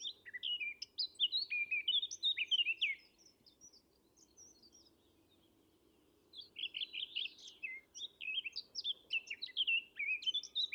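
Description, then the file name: Eurasian blackcap warbling song: a busy phrase of quick high twittering and fluty notes, a three-second gap, then a longer similar phrase, with a soft low hum throughout. "Sylvia atricapilla"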